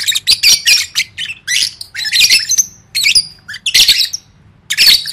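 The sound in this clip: Lovebird squawks: repeated harsh, high, screechy bursts with short twittering notes between.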